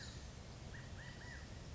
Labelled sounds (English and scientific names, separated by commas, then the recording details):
California Quail (Callipepla californica)
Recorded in Sonoma County, California